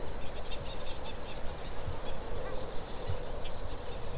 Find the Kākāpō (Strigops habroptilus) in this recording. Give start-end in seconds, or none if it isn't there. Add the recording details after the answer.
1.55-4.18. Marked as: faintness 5/5. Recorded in New Zealand. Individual Stumpy